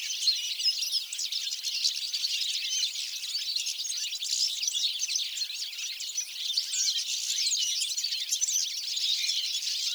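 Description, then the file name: European goldfinch calls: ceaseless overlapping high chirping and twittering, even in loudness throughout. "Carduelis carduelis"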